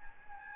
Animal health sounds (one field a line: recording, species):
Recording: mosquito wingbeat signal from an infrared sensor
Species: Aedes albopictus